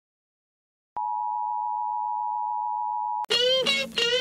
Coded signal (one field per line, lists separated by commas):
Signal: Emergency Alert System (SAME) tones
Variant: 853 and 960 Hz attention tone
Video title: DXC Live! | Season 3 | Premieres Friday, September 23rd @ 1845 CDT / 2345 UTC